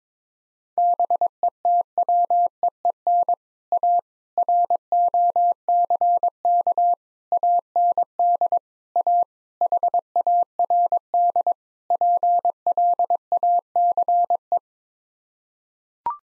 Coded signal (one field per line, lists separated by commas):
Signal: Morse code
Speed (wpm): 22 wpm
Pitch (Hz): 700 Hz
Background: none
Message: BETWEEN A ROCK AND A HARD PLACE